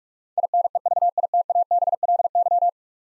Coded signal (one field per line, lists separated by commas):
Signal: Morse code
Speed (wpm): 44 wpm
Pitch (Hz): 700 Hz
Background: none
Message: INEVITABLY